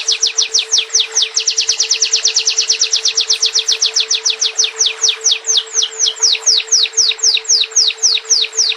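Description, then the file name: Bird song of rapid, high downward-sweeping chirps forming a trill that slows toward the end, over a steady low hum. "terapi suara burung"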